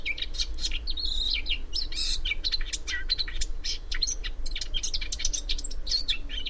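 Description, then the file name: Eurasian blackcap giving a dense stream of sharp, high chipping notes mixed with short twittering phrases, over a constant low rumble. "Sylvia atricapilla"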